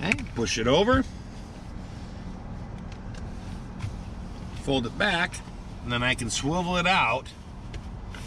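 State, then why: Seated. In a 2020 Mercedes-Benz Maybach, a fold-out tray in the rear center console is folded back and swiveled out while someone talks. The tray clicks into its deployed position at 7.7 s and is locked in place.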